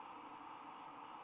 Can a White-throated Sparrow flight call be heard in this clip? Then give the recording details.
no. No flight call is heard. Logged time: 02:02 on 1 December 2014